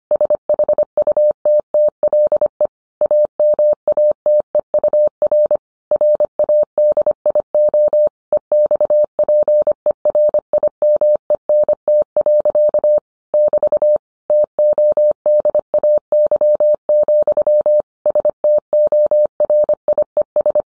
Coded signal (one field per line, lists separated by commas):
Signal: Morse code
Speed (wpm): 25 wpm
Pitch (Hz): 600 Hz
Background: none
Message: SHUTTLE AMATEUR RADIO EXPERIMENT. <BT> TODAY, STORIES